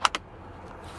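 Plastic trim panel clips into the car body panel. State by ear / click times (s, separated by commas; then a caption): seated / 0.1 s. The plastic retaining clips of an interior trim panel on a 2026 Tesla Model Y Juniper are pushed down into the car body after the blind-spot light cable is tucked out of the way. Two sharp clicks sound at 0.1 s and 0.2 s, followed by quiet low background hum. The clips snap home and the panel is seated.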